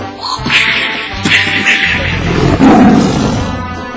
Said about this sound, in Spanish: Pinche tigre rugía y el domador hacía su cachetada.